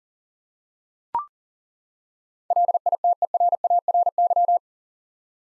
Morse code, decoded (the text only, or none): LITERARY